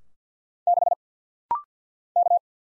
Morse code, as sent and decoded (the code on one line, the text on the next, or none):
-.... / -.-
6 K